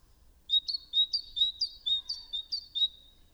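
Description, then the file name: Great tit with a steady string of high, ringing two-part notes, each falling onto a lower tone, several repeats in quick succession. "Parus major"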